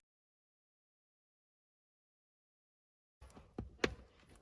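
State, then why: Seated. A seat cover retaining clip is pressed into the rear seat frame of a 2024 Chevrolet Silverado EV while rear heated seats are installed. After about 3.2 seconds of silence, faint handling noises and a small tap come before a sharp click at 3.8 seconds as the clip seats in place.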